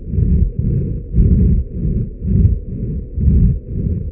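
Bronchial lung sounds: loud, hollow breath sounds with inspiratory and expiratory phases alternating in quick succession, each separated by a brief pause.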